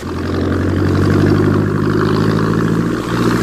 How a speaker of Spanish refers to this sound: Sin mucho esfuerzo, para horror de Eva, el hombre pez pone en funcionamiento el motor de la lancha.